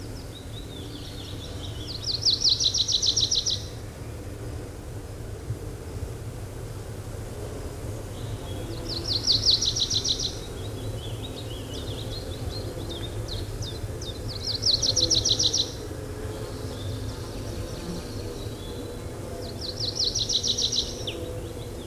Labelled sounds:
Tree Pipit (Anthus trivialis) song

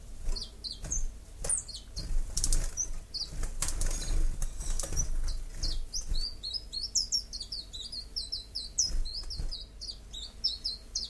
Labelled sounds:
Common Chiffchaff (Phylloscopus collybita)

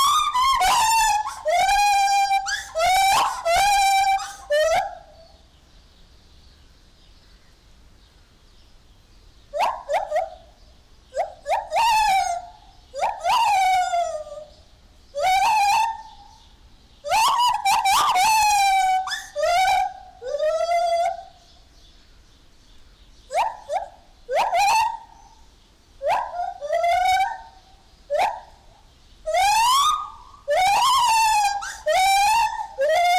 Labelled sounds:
Lar Gibbon (Hylobates lar)

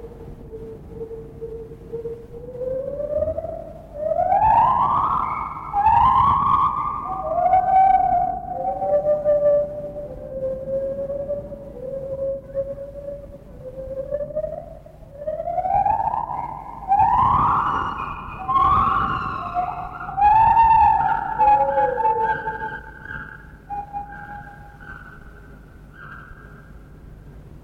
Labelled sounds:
Lar Gibbon (Hylobates lar)

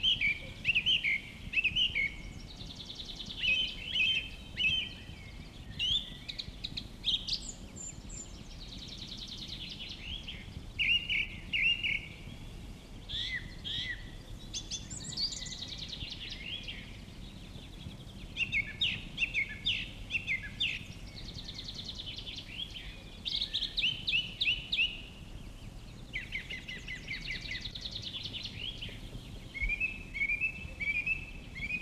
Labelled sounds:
Song Thrush (Turdus philomelos) song

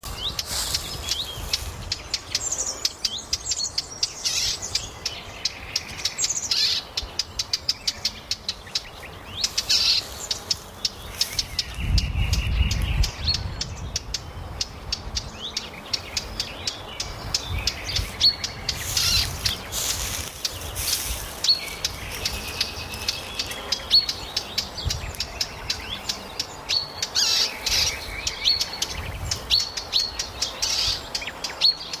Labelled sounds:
Common Chaffinch (Fringilla coelebs) call

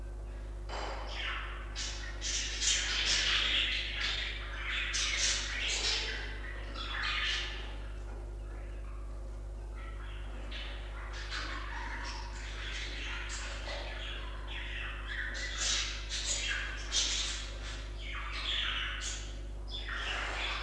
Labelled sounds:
Budgerigar (Melopsittacus undulatus) call

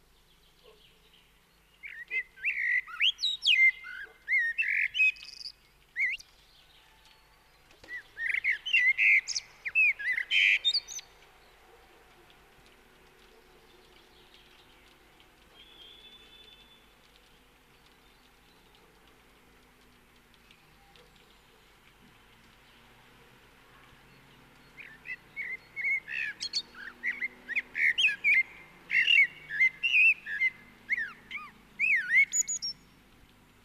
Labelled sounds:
Common Blackbird (Turdus merula) song

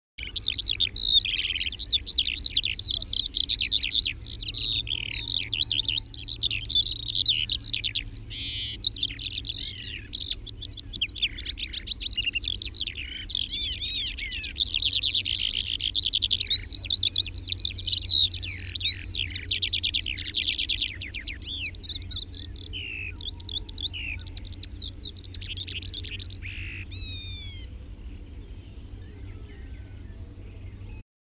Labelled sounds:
Eurasian Skylark (Alauda arvensis) song

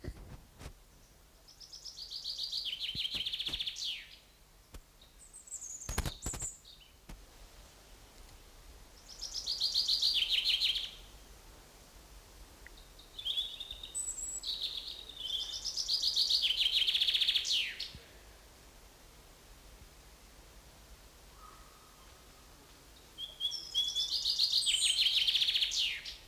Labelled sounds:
Common Chaffinch (Fringilla coelebs) song

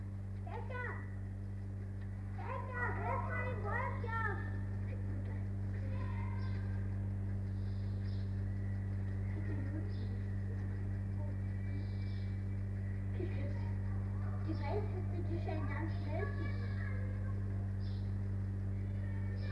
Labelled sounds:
Arctic Fox (Vulpes lagopus)

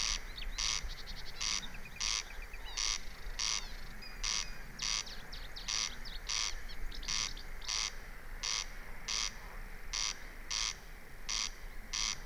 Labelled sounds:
Corn Crake (Crex crex)

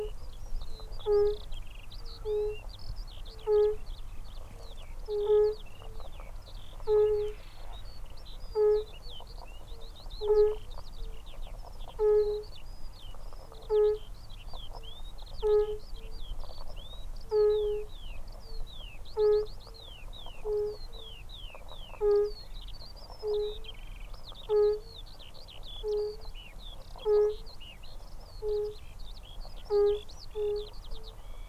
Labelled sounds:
Fire-Bellied Toad (Bombina bombina) call

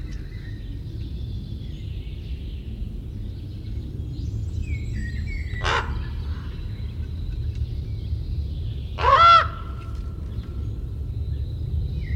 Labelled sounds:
Common Raven (Corvus corax) call

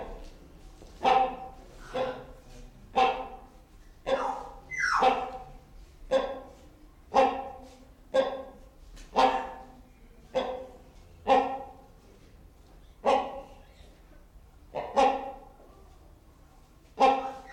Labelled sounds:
Great Hornbill (Buceros bicornis)

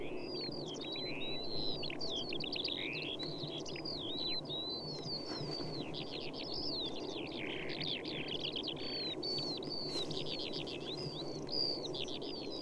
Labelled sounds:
Eurasian Skylark (Alauda arvensis) flight song

